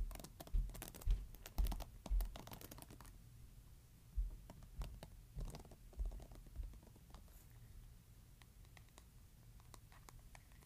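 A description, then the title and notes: A hairbrush scratches in quick, dry strokes, densest in the first three seconds, with hard knocks near 0.5, 1, 1.5 and 2 seconds. Strokes then come sparser and softer around four to seven seconds before thinning to faint scraping. ASMR Scratching Hairbrush.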